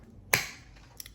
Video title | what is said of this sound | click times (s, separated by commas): CASH STUFFING - $2262 - June No. 3 - Bills, Variable Expenses & Sinking Funds | It's so satisfying to hear that click of of the rings. | 0.3 s